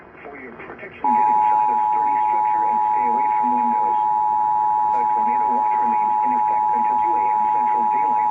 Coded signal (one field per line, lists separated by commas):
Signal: Emergency Alert System (SAME) tones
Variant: 853 and 960 Hz attention tone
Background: speech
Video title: October’s Enhanced Nightmares | EAS Alerts from 10/10/21 (EAS #71-95)